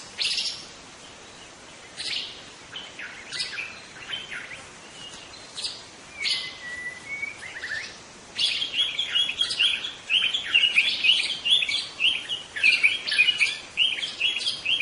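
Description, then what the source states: White-rumped shama singing a long, rich medley of whistles and rapid chirps, sparse at first and growing denser and louder in the second half. In forest.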